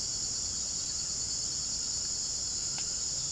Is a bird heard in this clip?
no